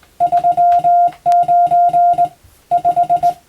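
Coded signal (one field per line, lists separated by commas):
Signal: Morse code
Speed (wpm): 20 wpm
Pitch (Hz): 700 Hz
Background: music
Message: 39 5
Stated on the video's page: Morse code practice for the Japanese radiotelegraph operator exam.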